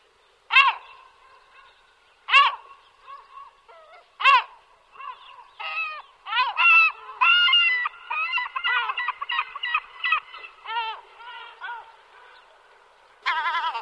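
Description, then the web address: European herring gull calls: three loud single yelps about two seconds apart, then a long series of repeated laughing notes and a final loud call. "Cursus Vogelzang Zilvermeeuw"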